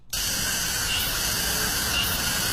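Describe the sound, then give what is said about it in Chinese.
Cicadas drone in a loud, continuous, high-pitched buzz that starts abruptly and holds steady without pause for the whole clip, in the China Bank Urban Forest Park at the foot of Baiwang Mountain, Haidian District, Beijing. No voices are heard. “海淀区西北五环外百望山脚下，京密引水渠东侧，中国银行城市森林公园里蝉鸣不断，绿树成荫，总面积近20000平方米的公园里，飞鸟在树上搭窝栖息。”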